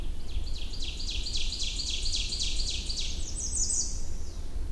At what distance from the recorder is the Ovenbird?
about 25 m